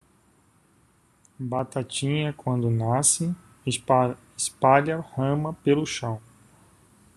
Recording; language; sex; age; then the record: short text; Brazilian Portuguese; male; 50 to 59 years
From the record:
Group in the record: control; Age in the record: 53 years